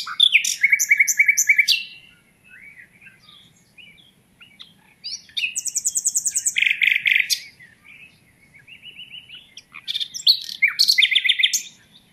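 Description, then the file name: Common nightingale song: loud bursts of rapid repeated notes and rich trills, separated by quieter scratchy phrases. "Luscinia megarhynchos"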